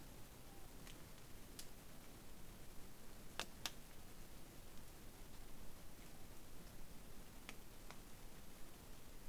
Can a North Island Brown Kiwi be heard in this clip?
no